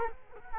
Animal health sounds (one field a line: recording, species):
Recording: mosquito wingbeat signal from an infrared sensor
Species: Culex quinquefasciatus